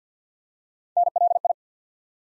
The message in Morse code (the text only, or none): NLI